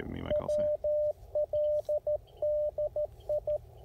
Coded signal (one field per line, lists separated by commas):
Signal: Morse code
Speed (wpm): 14 wpm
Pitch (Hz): 590 Hz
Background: speech, radio noise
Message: WL DI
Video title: POTA Activation: Second Creek Game Land with the Icom IC-705 and CHA MPAS 2.0